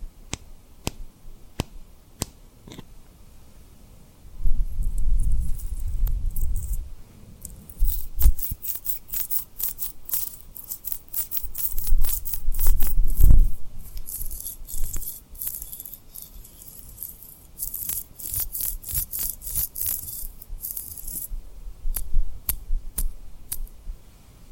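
Sharp, bright tapping on rhinestones in irregular bursts, with soft low rubbing swells around five and thirteen seconds and crisp glittery scratching later.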